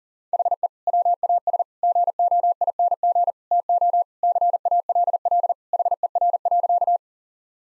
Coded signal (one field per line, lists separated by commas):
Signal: Morse code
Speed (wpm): 40 wpm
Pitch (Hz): 700 Hz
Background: none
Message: HE WAS GOING TO CALL HER.